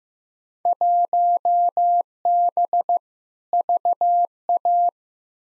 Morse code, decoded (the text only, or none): 1B VA